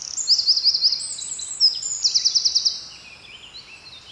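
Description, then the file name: Eurasian wren song opening with a quick metallic trill, then a second trill and scattered high notes fading out toward the end. "Troglodytes troglodytes"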